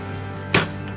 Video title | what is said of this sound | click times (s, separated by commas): ดีหรือไม่ดี รีวิวเครื่องปริ๊นราคา 3790 บาท canon G1000 แกะกล่องพร้อมทดลองปริ๊นงาน | ให้มันดังแป๊กกดตัว | 0.5 s